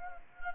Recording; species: mosquito wingbeat signal from an infrared sensor; Anopheles gambiae